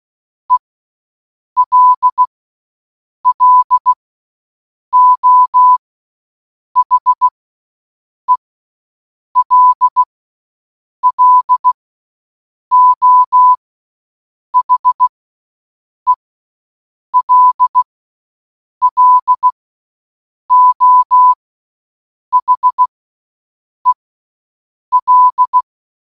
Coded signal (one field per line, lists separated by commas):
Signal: Morse code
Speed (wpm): 16 wpm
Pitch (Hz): 1000 Hz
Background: none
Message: ELLO HELLO HELLO HEL